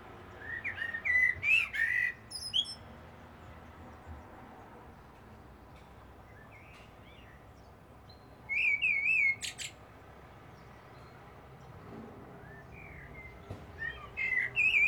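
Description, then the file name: Common blackbird song: three separate phrases of fluty, wavering whistles with high twittered endings, spaced by pauses of several seconds. "Turdus merula"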